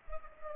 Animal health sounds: mosquito wingbeat signal from an infrared sensor; Culex pipiens

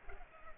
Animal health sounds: mosquito wingbeat signal from an infrared sensor; Culex pipiens

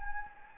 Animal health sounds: mosquito wingbeat signal from an infrared sensor; Anopheles gambiae

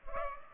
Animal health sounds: mosquito wingbeat signal from an infrared sensor; Culex pipiens

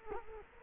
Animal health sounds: mosquito wingbeat signal from an infrared sensor; Culex quinquefasciatus

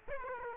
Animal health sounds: mosquito wingbeat signal from an infrared sensor; Aedes aegypti

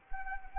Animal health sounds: mosquito wingbeat signal from an infrared sensor; Anopheles arabiensis

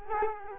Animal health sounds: mosquito wingbeat signal from an infrared sensor; Culex quinquefasciatus

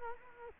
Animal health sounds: mosquito wingbeat signal from an infrared sensor; Culex quinquefasciatus

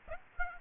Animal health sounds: mosquito wingbeat signal from an infrared sensor; Aedes aegypti

